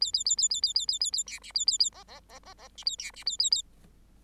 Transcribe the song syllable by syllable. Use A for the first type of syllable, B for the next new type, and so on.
A A A A A A A A A A B C A A A D D D D D C A B C A A A